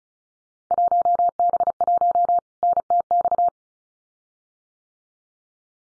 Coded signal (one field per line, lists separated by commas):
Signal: Morse code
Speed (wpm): 36 wpm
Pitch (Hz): 700 Hz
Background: none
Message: 1B1 NTX